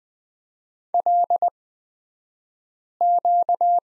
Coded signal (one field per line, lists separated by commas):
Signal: Morse code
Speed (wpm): 20 wpm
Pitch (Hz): 700 Hz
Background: none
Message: LQ